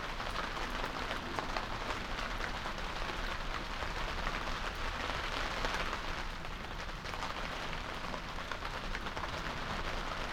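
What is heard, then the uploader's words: Steady light-to-moderate rain falls on a stretched tarpaulin, a dense, even patter of drops hitting the surface. The hiss stays constant throughout with no lulls, a faint low rumble underneath, and small bursts of louder drops scattered across the clip. December rain light to moderate. The rain came down, in the early hours of this morning, as I write. Temperature 7. Enough to drift the ice cold raindrops. And ruffle the leading edge of the wide tarpaulin, that we've stretched over our back yard for shelter.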